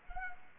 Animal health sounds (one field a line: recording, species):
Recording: mosquito wingbeat signal from an infrared sensor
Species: Culex quinquefasciatus